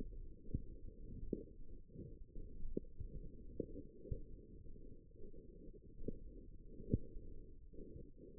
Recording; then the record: forearm muscle sounds (acoustic myography)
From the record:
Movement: ulnar deviation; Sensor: system 1, eight BSWA MPA416 microphones around the upper forearm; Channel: 7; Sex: female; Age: 21 years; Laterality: right